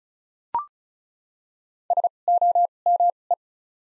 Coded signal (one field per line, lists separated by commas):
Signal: Morse code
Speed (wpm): 36 wpm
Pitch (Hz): 700 Hz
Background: none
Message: SOME